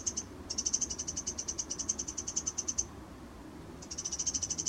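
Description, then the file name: Eurasian wren giving dry, high rattling calls in fast ticking trains, the longest lasting over two seconds. "Troglodytes troglodytes"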